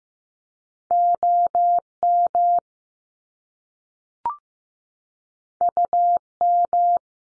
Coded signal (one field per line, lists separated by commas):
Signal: Morse code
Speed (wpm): 15 wpm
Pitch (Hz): 700 Hz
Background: none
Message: O M U M